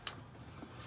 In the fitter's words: I got it on there you want to push it until it clicks